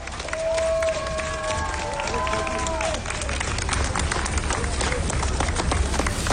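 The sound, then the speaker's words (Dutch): A crowd at a cycling stage finish claps and cheers steadily throughout for South African rider Nick Dlamini, a dense wash of applause, with a wavering, horn-like tone sounding over it during the first few seconds. “Hij hoort applaus.”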